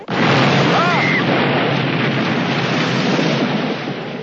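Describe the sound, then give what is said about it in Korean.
A boat explosion in a film scene bursts in abruptly and becomes a loud, broad roaring rumble that holds steady for about four seconds before easing slightly, with a brief wavering tone early on. “그 순간 폭발하는 배.”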